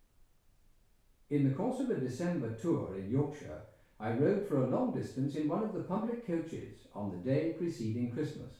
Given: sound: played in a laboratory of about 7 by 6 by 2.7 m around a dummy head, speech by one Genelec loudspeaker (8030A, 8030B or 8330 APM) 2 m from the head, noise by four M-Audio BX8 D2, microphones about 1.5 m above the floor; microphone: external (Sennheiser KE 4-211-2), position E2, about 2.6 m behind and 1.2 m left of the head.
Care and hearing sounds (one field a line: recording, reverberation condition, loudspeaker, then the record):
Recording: male speech in English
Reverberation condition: medium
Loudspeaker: 120 degrees to the left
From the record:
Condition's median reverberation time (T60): about 510 ms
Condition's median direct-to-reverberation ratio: about -0.5 dB